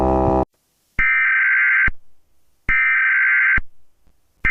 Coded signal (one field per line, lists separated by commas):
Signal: Emergency Alert System (SAME) tones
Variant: header bursts